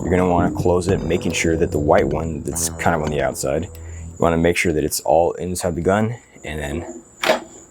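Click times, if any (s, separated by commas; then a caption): 7.2 s. Someone talks while the folding stock of an ACR J10 gel blaster is closed over the black power cords tucked inside and pushed into the receiver. A sharp click at 7.2 s marks the stock seating shut.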